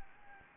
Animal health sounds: mosquito wingbeat signal from an infrared sensor; Anopheles gambiae

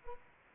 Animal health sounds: mosquito wingbeat signal from an infrared sensor; Anopheles arabiensis

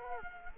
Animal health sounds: mosquito wingbeat signal from an infrared sensor; Culex quinquefasciatus

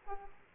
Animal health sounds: mosquito wingbeat signal from an infrared sensor; Aedes aegypti

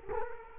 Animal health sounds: mosquito wingbeat signal from an infrared sensor; Culex quinquefasciatus

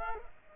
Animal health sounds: mosquito wingbeat signal from an infrared sensor; Culex pipiens

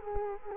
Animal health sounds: mosquito wingbeat signal from an infrared sensor; Culex quinquefasciatus

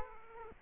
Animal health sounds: mosquito wingbeat signal from an infrared sensor; Aedes aegypti

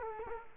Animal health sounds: mosquito wingbeat signal from an infrared sensor; Culex quinquefasciatus

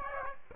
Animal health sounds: mosquito wingbeat signal from an infrared sensor; Aedes aegypti

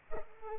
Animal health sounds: mosquito wingbeat signal from an infrared sensor; Culex pipiens

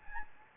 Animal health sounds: mosquito wingbeat signal from an infrared sensor; Anopheles gambiae

